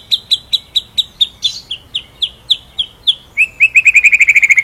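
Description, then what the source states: White-rumped shama repeating a sharp whistled note rapidly, then shifting to a faster, lower rolling series of clipped notes. Masteran training song for songbirds; full rolling song.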